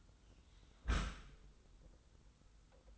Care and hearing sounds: daily activity, microphone in the room; close dishwasher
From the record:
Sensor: 3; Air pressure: 990.5 hPa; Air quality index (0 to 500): 194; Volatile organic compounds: 1000 ppm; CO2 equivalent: 6359 ppm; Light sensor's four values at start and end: 38/90/37/35 and 38/90/37/35

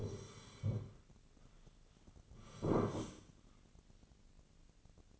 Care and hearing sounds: daily activity, microphone in the room; sit down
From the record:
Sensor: 4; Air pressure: 1010.0 hPa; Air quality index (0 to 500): 196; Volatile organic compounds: 3 ppm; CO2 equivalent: 1412 ppm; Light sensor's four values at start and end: 39/97/40/43 and 39/97/40/43

